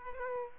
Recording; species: mosquito wingbeat signal from an infrared sensor; Aedes aegypti